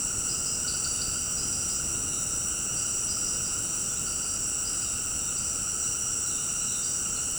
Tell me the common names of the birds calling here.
none